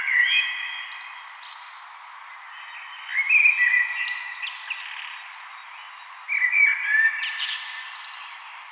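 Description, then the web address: Common blackbird song: three mellow whistled phrases separated by pauses, each finishing in a scratchy high flourish. "vogelstimmen amsel gesang nabu lars lachmann"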